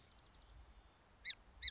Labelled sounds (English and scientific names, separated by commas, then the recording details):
Song Sparrow (Melospiza melodia)
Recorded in Sonoma County, California